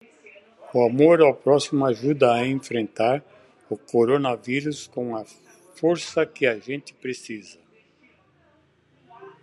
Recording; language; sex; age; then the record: spoken sentence; Brazilian Portuguese; male; 70 to 79 years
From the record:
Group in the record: control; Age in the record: 77 years